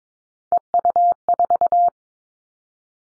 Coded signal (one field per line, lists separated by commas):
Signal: Morse code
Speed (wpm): 22 wpm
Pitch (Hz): 700 Hz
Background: none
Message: EU4